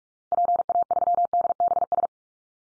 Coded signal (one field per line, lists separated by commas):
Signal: Morse code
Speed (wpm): 44 wpm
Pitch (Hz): 700 Hz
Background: none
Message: PA3DBS